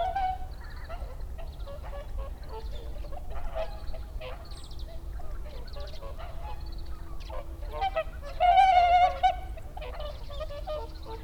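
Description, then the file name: Whooper swan calls, a chorus of honking notes with one loud bugling call near the end, over steady low noise. Recorded 30 December 2009. "20091230 oohakutyo"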